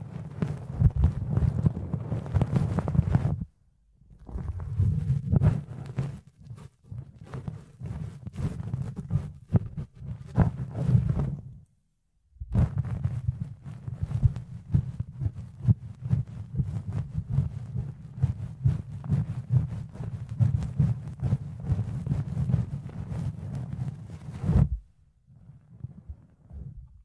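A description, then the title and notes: Muffled ear cleaning with a fluffy tool: dense scratchy rustling over a deep, rumbling thud that rises and falls constantly. Sharp crackles and clicks run through it, and the sound cuts out abruptly near 4, 12 and 25 seconds before quickly resuming. ASMR Fluffy Ear Cleaning, Ear Picking (No Talking).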